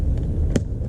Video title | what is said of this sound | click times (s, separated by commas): How to Remove SAAB 9000 Door Panels and Install Inserts | two that's satisfying snap | 0.6 s